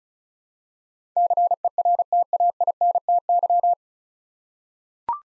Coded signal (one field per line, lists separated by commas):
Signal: Morse code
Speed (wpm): 36 wpm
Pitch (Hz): 700 Hz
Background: none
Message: CERTAINTY